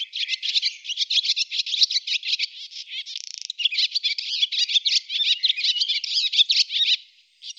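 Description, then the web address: Barn swallow song, a dense, unbroken stream of rapid chirps and warbles with a brief mechanical rattle midway. "cianscape birddata Deverinetal 2025"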